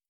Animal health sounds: hydrophone in a shrimp aquaculture tank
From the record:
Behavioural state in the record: starved

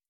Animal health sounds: hydrophone in a shrimp aquaculture tank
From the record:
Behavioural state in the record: starved

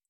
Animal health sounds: hydrophone in a shrimp aquaculture tank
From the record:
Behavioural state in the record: stressed

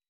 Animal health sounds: hydrophone in a shrimp aquaculture tank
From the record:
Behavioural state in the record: weakened

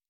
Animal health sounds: hydrophone in a shrimp aquaculture tank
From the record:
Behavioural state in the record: normal

